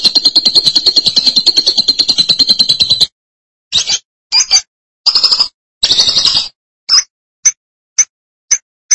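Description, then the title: Lovebird opening with a three-second rapid, buzzy high trill, then breaking into a string of short, separate, sharp chirps and bursts. "BM Suara Burung Lovebird"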